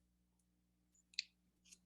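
The two cane blades of a freshly tied oboe reed are shifted against each other, front blade one way and back blade the other, until they settle into the overlap position. A faint tick at 1.1 s leads into a sharp, bright little click at 1.2 s, followed by a softer scrape near 1.7 s. The blades have seated into the overlap.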